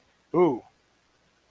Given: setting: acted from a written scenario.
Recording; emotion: vocal sound without words; desire